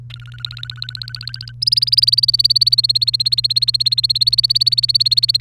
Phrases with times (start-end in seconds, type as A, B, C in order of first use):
0.10-1.52 A, 1.62-5.40 B